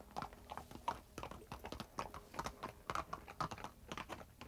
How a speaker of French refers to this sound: Il disparaît. Il me reste encore de lui les pas de son cheval.